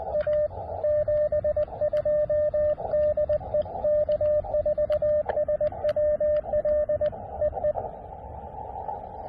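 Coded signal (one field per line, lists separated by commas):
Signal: Morse code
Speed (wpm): 20 wpm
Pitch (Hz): 600 Hz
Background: radio noise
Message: A 72 DE K4SWL EE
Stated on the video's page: QRP portable activation of a state park, short and quick, in the evening.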